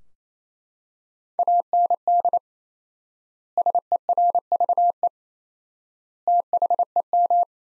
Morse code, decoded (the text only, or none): AND SERVE THEM